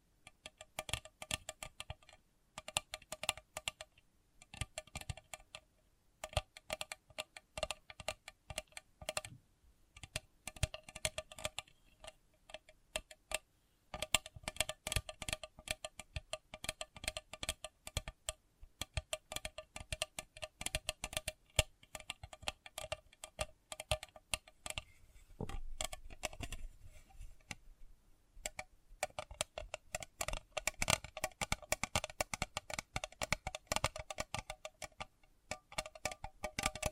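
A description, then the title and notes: Sensitive tapping: fingertips click and tap in dense, rapid runs, sounding much like typing on a keyboard. The crisp taps carry a bright, clicky edge, with short pauses near 6, 10, 14 and 28 seconds before the steady flurries resume. ASMR Sensitive Tapping (No Talking).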